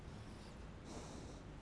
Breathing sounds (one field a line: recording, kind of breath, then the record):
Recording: one breath in and out by a microphone near the nose and mouth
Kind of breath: normal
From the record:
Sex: male